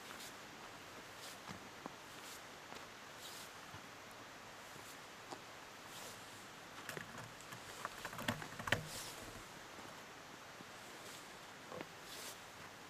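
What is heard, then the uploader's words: A walk through snow in Tuolumne Grove, Yosemite: a steady, soft hiss fills the whole stretch. Scattered crunchy, rustling steps break through every second or two, bunching into a louder flurry around eight to nine seconds, then easing back. A snow covered walk through Tuolumne Grove in Yosemite National Park.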